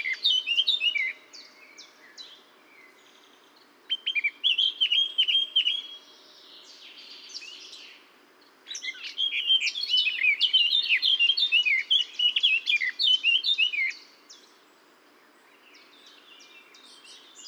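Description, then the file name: Eurasian blackcap song, several warbling phrases separated by pauses, each a fast tumble of chattering and clear fluting notes. "Sylvia atricapilla"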